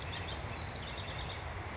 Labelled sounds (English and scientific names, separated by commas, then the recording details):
House Wren (Troglodytes aedon)
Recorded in Sonoma County, California